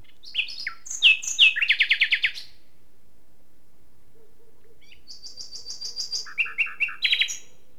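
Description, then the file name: Common nightingale singing a few varied notes and a fast series of identical clipped notes, a pause, then a run of high pulsed notes followed by lower throbbing notes. "Luscinia megarhynchos"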